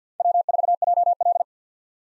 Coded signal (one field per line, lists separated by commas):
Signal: Morse code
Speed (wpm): 50 wpm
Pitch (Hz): 700 Hz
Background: none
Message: W4JL